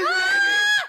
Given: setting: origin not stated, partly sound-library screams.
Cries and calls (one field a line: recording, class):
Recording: one-second piece from a danger detection set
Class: woman in danger